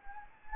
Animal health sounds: mosquito wingbeat signal from an infrared sensor; Anopheles gambiae

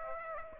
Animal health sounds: mosquito wingbeat signal from an infrared sensor; Aedes aegypti

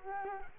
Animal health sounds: mosquito wingbeat signal from an infrared sensor; Culex quinquefasciatus

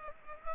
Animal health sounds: mosquito wingbeat signal from an infrared sensor; Culex pipiens

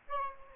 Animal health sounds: mosquito wingbeat signal from an infrared sensor; Aedes albopictus

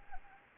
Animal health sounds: mosquito wingbeat signal from an infrared sensor; Anopheles arabiensis

